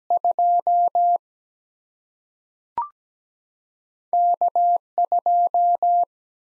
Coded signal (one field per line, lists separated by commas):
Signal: Morse code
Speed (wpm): 17 wpm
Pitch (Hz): 700 Hz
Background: none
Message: 2 K 2